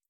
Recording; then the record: hydrophone in a shrimp aquaculture tank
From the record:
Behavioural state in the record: feeding